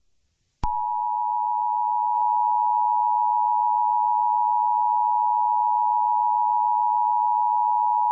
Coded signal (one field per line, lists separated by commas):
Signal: Emergency Alert System (SAME) tones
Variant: 853 and 960 Hz attention tone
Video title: EAS Scenario #3: Pharoh's Fury